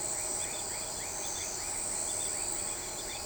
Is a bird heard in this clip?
no